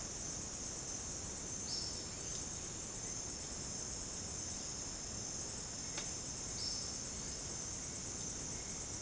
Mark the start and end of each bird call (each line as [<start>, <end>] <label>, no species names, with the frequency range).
[1.63, 2.22] bird call (4.0-5.8 kHz)
[6.55, 7.04] bird call (3.6-6.0 kHz)